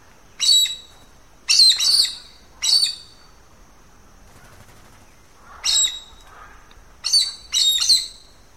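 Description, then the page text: Chestnut-eared aracari calling: sharp, high squeaky notes, single or in close pairs, separated by pauses, over faint background hiss. "Fotos de aves de Argentina"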